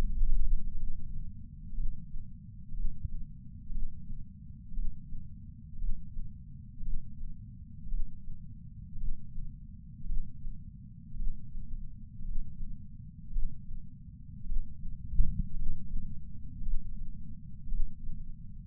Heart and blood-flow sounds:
heart sounds by patch sensor on the chest; 57 bpm
0.76 s: heartbeat
1.73 s: heartbeat
2.72 s: heartbeat
3.70 s: heartbeat
4.72 s: heartbeat
5.77 s: heartbeat
6.81 s: heartbeat
7.87 s: heartbeat
8.96 s: heartbeat
10.05 s: heartbeat
11.15 s: heartbeat
12.36 s: heartbeat
13.31 s: heartbeat
14.45 s: heartbeat
15.55 s: heartbeat
16.62 s: heartbeat
17.67 s: heartbeat
From the record:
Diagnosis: coronary artery disease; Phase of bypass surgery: intraoperative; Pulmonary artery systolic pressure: 28 mmHg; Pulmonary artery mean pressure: 14 mmHg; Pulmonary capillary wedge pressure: 11 mmHg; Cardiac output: 5.5 L/min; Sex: male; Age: 57 years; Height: 175 cm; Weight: 80 kg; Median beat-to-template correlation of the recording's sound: 0.94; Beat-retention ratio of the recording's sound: 0.97

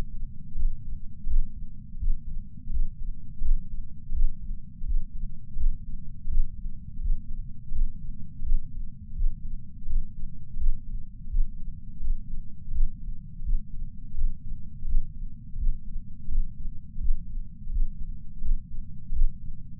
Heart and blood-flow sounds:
heart sounds by patch sensor on the chest; 84 bpm
0.55 s: heartbeat
1.26 s: heartbeat
1.97 s: heartbeat
2.70 s: heartbeat
3.41 s: heartbeat
4.12 s: heartbeat
4.84 s: heartbeat
5.56 s: heartbeat
6.28 s: heartbeat
6.99 s: heartbeat
7.71 s: heartbeat
8.42 s: heartbeat
9.14 s: heartbeat
9.86 s: heartbeat
10.57 s: heartbeat
11.28 s: heartbeat
12.00 s: heartbeat
12.71 s: heartbeat
13.42 s: heartbeat
14.14 s: heartbeat
14.85 s: heartbeat
15.56 s: heartbeat
16.28 s: heartbeat
16.98 s: heartbeat
17.70 s: heartbeat
18.41 s: heartbeat
19.12 s: heartbeat
From the record:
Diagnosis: coronary artery disease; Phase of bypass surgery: postoperative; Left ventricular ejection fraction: 60%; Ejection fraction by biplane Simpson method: 61.8%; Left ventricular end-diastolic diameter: 47 mm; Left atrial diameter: 40 mm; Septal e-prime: 4.5 cm/s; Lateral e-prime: 6.3 cm/s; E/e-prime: 20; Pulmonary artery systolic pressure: 28 mmHg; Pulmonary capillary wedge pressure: 14 mmHg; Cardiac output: 5.9 L/min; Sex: male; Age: 62 years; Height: 165 cm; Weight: 72 kg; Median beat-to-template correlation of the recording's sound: 0.87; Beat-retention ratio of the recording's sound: 1.00

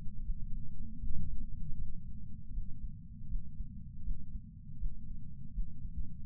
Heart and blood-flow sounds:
heart sounds by patch sensor on the chest; 80 bpm
0.23 s: heartbeat
0.99 s: heartbeat
1.74 s: heartbeat
2.51 s: heartbeat
3.26 s: heartbeat
4.02 s: heartbeat
4.77 s: heartbeat
5.51 s: heartbeat
6.25 s: heartbeat
From the record:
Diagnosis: coronary artery disease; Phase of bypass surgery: intraoperative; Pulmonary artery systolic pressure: 27 mmHg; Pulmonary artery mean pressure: 22 mmHg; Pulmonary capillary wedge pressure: 12 mmHg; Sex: male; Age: 49 years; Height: 175 cm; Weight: 80 kg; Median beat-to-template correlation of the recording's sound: 0.80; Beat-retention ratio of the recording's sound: 1.00

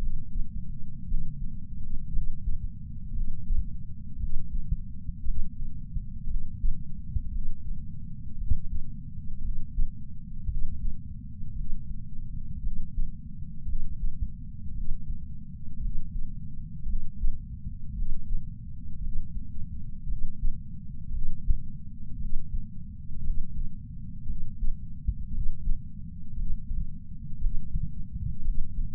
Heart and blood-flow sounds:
heart sounds by patch sensor on the chest; 57 bpm
1.04 s: heartbeat
2.09 s: heartbeat
3.12 s: heartbeat
4.16 s: heartbeat
5.21 s: heartbeat
6.25 s: heartbeat
7.28 s: heartbeat
8.35 s: heartbeat
9.39 s: heartbeat
10.45 s: heartbeat
11.53 s: heartbeat
12.59 s: heartbeat
13.64 s: heartbeat
14.71 s: heartbeat
15.78 s: heartbeat
16.84 s: heartbeat
17.92 s: heartbeat
18.99 s: heartbeat
20.05 s: heartbeat
21.09 s: heartbeat
22.16 s: heartbeat
23.21 s: heartbeat
24.25 s: heartbeat
25.29 s: heartbeat
26.33 s: heartbeat
27.37 s: heartbeat
28.41 s: heartbeat
From the record:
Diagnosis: coronary artery disease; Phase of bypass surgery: postoperative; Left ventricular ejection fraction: 61.7%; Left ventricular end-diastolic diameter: 51 mm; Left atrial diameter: 37 mm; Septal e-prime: 6.5 cm/s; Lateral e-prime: 9.2 cm/s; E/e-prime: 11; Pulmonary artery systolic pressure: 22 mmHg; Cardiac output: 4.8 L/min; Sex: male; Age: 59 years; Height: 168 cm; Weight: 81 kg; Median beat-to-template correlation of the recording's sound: 0.85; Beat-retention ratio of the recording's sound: 1.00

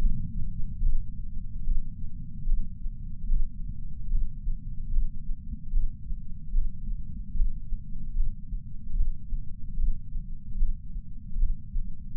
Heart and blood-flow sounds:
heart sounds by patch sensor on the chest; 74 bpm
0.82 s: heartbeat
1.65 s: heartbeat
2.47 s: heartbeat
3.29 s: heartbeat
4.10 s: heartbeat
4.92 s: heartbeat
5.72 s: heartbeat
6.54 s: heartbeat
7.35 s: heartbeat
8.16 s: heartbeat
8.96 s: heartbeat
9.77 s: heartbeat
10.58 s: heartbeat
11.39 s: heartbeat
From the record:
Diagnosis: coronary artery disease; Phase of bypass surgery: preoperative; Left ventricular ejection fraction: 58.9%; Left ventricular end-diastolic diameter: 51 mm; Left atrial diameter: 51 mm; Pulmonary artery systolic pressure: 40 mmHg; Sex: male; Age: 73 years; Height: 170 cm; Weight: 85 kg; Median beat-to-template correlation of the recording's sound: 0.81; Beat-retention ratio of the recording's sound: 0.95

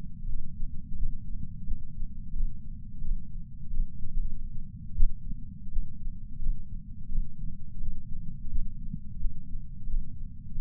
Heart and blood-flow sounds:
heart sounds by patch sensor on the chest; 88 bpm
0.28 s: heartbeat
0.98 s: heartbeat
1.67 s: heartbeat
2.35 s: heartbeat
3.03 s: heartbeat
3.71 s: heartbeat
4.15 s: heartbeat
4.96 s: heartbeat
5.72 s: heartbeat
6.41 s: heartbeat
7.10 s: heartbeat
7.81 s: heartbeat
8.51 s: heartbeat
9.20 s: heartbeat
9.88 s: heartbeat
10.56 s: heartbeat
From the record:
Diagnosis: coronary artery disease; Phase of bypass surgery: postoperative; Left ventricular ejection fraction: 65.4%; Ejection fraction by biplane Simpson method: 64.8%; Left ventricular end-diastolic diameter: 41 mm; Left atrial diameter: 37 mm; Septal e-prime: 8.8 cm/s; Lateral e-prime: 8.1 cm/s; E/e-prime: 9.9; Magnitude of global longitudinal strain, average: 18.9%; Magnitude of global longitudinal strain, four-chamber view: 23.8%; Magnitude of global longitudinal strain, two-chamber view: 17.7%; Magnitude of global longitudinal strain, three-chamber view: 15.3%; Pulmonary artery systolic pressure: 36 mmHg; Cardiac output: 4.4 L/min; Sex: male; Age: 76 years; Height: 165 cm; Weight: 79 kg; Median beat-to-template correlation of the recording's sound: 0.64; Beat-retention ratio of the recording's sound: 0.99

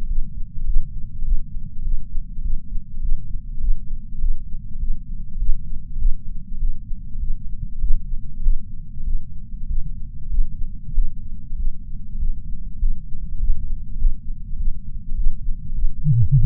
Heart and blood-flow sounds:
heart sounds by patch sensor on the chest; 100 bpm
0.08 s: heartbeat
0.66 s: heartbeat
1.24 s: heartbeat
1.84 s: heartbeat
2.43 s: heartbeat
3.01 s: heartbeat
3.60 s: heartbeat
4.20 s: heartbeat
4.80 s: heartbeat
5.39 s: heartbeat
5.98 s: heartbeat
6.59 s: heartbeat
7.20 s: heartbeat
7.80 s: heartbeat
8.42 s: heartbeat
9.05 s: heartbeat
9.68 s: heartbeat
10.31 s: heartbeat
10.94 s: heartbeat
11.57 s: heartbeat
12.19 s: heartbeat
12.80 s: heartbeat
13.39 s: heartbeat
13.98 s: heartbeat
14.57 s: heartbeat
15.16 s: heartbeat
15.75 s: heartbeat
16.34 s: heartbeat
From the record:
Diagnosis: coronary artery disease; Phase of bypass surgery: postoperative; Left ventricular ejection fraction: 66.9%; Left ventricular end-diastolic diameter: 46 mm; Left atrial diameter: 35 mm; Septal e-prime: 7.6 cm/s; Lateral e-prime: 10.1 cm/s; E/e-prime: 8.1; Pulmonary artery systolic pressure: 29 mmHg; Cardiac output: 6.1 L/min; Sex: male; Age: 63 years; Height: 180 cm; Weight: 65 kg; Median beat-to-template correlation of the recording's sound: 0.80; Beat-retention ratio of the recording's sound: 1.00

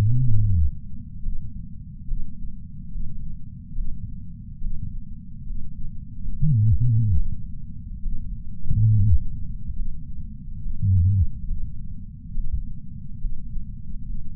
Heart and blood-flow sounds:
heart sounds by patch sensor on the chest; 70 bpm
0.38 s: heartbeat
1.21 s: heartbeat
2.06 s: heartbeat
2.90 s: heartbeat
3.74 s: heartbeat
4.60 s: heartbeat
5.45 s: heartbeat
6.29 s: heartbeat
7.15 s: heartbeat
8.01 s: heartbeat
8.88 s: heartbeat
9.75 s: heartbeat
10.60 s: heartbeat
11.46 s: heartbeat
12.33 s: heartbeat
13.19 s: heartbeat
14.05 s: heartbeat
From the record:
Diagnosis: coronary artery disease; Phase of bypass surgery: preoperative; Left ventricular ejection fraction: 61.7%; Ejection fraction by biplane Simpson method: 55%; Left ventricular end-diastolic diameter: 51 mm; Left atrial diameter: 36 mm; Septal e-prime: 7.9 cm/s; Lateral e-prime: 10.3 cm/s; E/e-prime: 9.8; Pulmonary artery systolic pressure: 23 mmHg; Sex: male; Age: 58 years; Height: 160 cm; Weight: 70 kg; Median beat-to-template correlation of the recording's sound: 0.83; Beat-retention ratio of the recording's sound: 0.99

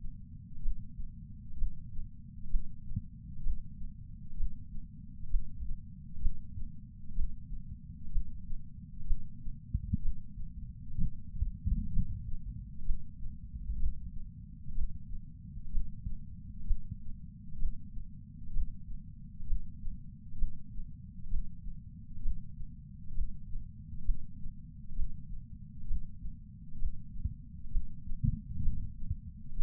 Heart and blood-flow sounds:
heart sounds by patch sensor on the chest; 64 bpm
0.60 s: heartbeat
1.55 s: heartbeat
2.47 s: heartbeat
3.41 s: heartbeat
4.34 s: heartbeat
5.27 s: heartbeat
6.19 s: heartbeat
7.13 s: heartbeat
8.09 s: heartbeat
9.04 s: heartbeat
9.99 s: heartbeat
10.95 s: heartbeat
11.90 s: heartbeat
12.83 s: heartbeat
13.77 s: heartbeat
14.72 s: heartbeat
15.69 s: heartbeat
16.64 s: heartbeat
17.56 s: heartbeat
18.51 s: heartbeat
19.44 s: heartbeat
20.35 s: heartbeat
21.27 s: heartbeat
22.20 s: heartbeat
23.12 s: heartbeat
24.02 s: heartbeat
24.93 s: heartbeat
25.85 s: heartbeat
26.76 s: heartbeat
27.68 s: heartbeat
28.60 s: heartbeat
29.54 s: heartbeat
From the record:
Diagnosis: coronary artery disease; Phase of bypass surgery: preoperative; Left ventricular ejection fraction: 60.1%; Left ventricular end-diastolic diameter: 44 mm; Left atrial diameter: 42 mm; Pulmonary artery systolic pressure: 26 mmHg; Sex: female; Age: 80 years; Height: 156 cm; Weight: 70 kg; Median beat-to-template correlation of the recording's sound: 0.93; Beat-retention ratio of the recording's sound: 0.99

